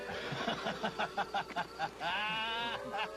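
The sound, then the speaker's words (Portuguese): A goat or sheep bleats in a quick run of short, quavering pulses, then lets out one longer, drawn-out nasal bleat, ending with a brief final cry. “Berrando assim.”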